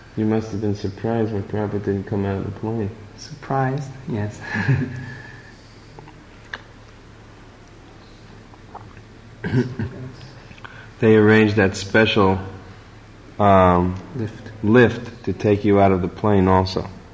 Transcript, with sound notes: You must have been surprised when Prabhupāda didn't come out of the plane.
Surprised? Yes. [laughs]
They arranged that special lift to take you out of the plane also.